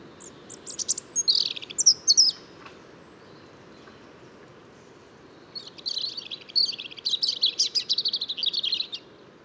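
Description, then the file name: European robin song in two bursts: a high, descending twittering phrase, a quiet gap, then a longer run of sweet, jumbled notes. "Erithacus rubecula"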